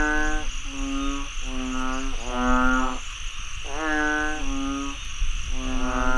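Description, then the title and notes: Frogs croaking in long overlapping nasal calls, a near-continuous chorus with low rumble and a steady high insect hum. Frogs croaking after heavy rainfall in Chiang Mai, Thailand. "Frogs croaking after heavy rainfall in Chiang Mai, Thailand. Alex Boyesen"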